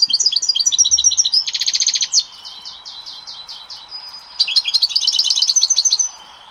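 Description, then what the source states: European goldfinch song: rapid, high twittering phrases with buzzy trills and tinkling notes, a softer stretch midway, then another quick loud burst. Caged bird; its song is described as soft and melodious.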